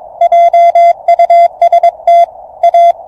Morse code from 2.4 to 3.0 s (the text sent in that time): A